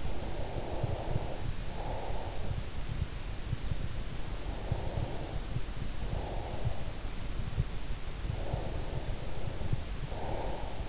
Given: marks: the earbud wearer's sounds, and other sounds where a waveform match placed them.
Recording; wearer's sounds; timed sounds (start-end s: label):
sounds in sleep by an in-ear microphone; breath
0.00-2.53 s: breath
4.38-6.98 s: breath
8.38-10.89 s: breath